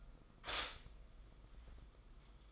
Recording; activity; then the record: daily activity, microphone in the room; stop toaster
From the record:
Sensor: 5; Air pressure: 990.8 hPa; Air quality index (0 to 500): 146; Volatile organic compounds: 136 ppm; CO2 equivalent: 3958 ppm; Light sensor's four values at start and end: 41/125/48/51 and 41/125/48/51